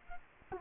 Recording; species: mosquito wingbeat signal from an infrared sensor; Culex quinquefasciatus